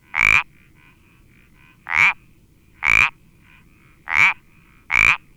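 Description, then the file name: Iberian parsley frog giving five brief grating croaks, with faint softer notes between them. "Sapillo Moteado Iberico Pelodytes Ibericus"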